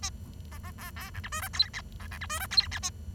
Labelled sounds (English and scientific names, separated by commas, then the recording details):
Bengalese Finch (Lonchura striata domestica) song
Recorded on 23 June 2012 at 08:05
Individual gr41rd51